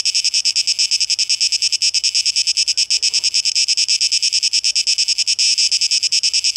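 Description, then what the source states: Cicada song as a continuous high buzz with steady rhythmic pulsing. A faint low thump is heard near the middle. Cicadas, 12 August 2023, tape echo mix.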